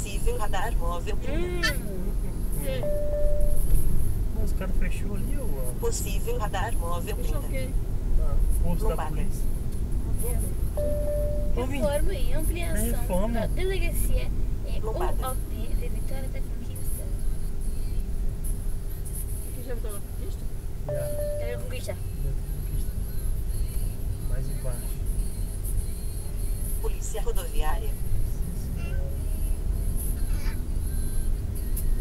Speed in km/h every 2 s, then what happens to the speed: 46, 44, 42, 41, 39, 38, 36, 31, 22, 19, 18, 20, 21, 21, 27, 32.
0-17 slows to 19. 17-26 steady at about 20. 26-32 speeds up to 32.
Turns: none.